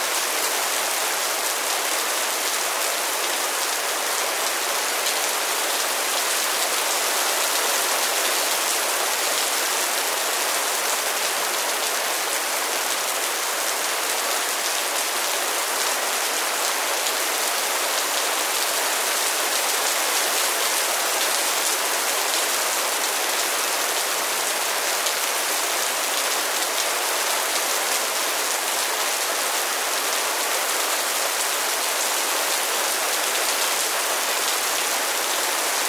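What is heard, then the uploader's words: Rain pours down steadily, a dense hiss of countless drops tapping on a window pane. The sound stays even and bright from start to finish, with no thunder or pauses, only small flickers of individual drops within the constant wash. Rain Downpour. The sound of the raindrops gently tapping on your window pane.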